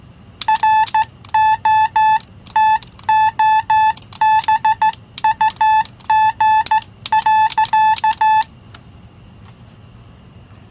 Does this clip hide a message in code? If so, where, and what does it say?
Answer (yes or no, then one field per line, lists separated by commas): yes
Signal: Morse code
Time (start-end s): 0.5-8.4 s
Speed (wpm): 14 wpm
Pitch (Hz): 870 Hz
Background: none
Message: ROTOBUG.